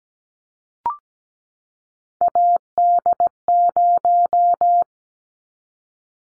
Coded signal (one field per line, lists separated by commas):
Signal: Morse code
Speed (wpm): 17 wpm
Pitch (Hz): 700 Hz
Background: none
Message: AD0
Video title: Callsign Prefixes for Top 25 DXCC 17wpm